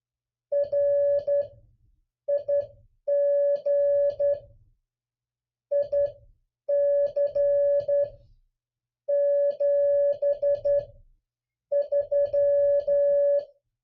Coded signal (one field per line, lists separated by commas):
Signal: Morse code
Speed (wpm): 11 wpm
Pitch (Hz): 570 Hz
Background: speech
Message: RIG IC 73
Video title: MORSE CODE COPY PRACTICE #8